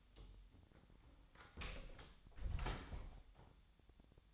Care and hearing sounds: daily activity, microphone in the room; close door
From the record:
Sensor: 3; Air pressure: 1007.1 hPa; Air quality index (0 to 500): 204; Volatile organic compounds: 18 ppm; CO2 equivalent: 2614 ppm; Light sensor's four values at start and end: 12/28/12/12 and 12/28/11/11

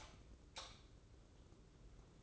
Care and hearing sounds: daily activity, microphone in the room; light off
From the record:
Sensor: 3

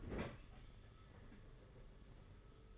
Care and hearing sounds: daily activity, microphone in the room; open fridge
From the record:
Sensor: 4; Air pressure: 991.8 hPa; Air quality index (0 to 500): 108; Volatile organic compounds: 16 ppm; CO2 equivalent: 2561 ppm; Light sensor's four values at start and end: 19/64/23/24 and 19/62/23/23

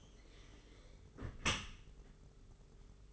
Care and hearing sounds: daily activity, microphone in the room; close dishwasher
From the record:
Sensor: 4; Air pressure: 992.1 hPa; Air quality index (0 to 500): 109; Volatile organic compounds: 18 ppm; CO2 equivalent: 2618 ppm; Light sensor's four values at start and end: 23/78/28/30 and 23/78/28/30

